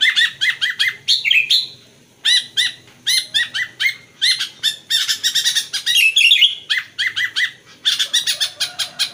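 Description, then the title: Sooty-headed bulbul song: clusters of sharp, downslurred chirps repeated in quick bursts, separated by short pauses, with a few warbled flourishes. "Kutilang"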